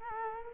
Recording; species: mosquito wingbeat signal from an infrared sensor; Culex quinquefasciatus